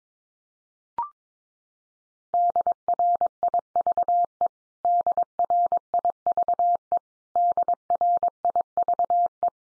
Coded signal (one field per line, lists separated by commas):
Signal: Morse code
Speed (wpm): 22 wpm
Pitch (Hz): 700 Hz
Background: none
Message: DRIVE DRIVE DRIVE